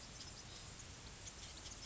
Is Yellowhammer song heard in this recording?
no